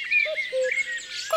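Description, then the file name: Common cuckoo's low falling double note, with the start of another at the end, amid bright whistling and chirping from other birds. "Le coucou"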